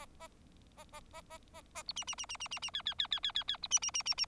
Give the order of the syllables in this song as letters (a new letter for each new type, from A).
A A A A A A B C C C C C C C D D D D D D D B C C C C C